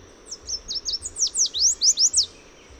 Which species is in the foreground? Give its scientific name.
Basileuterus delattrii